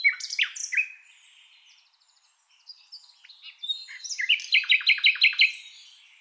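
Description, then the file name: Common nightingale song: rich varied phrases with sharp whistled notes, a short lull, then a rapid run of repeated clicking notes near the end. "Luscinia megarhynchos"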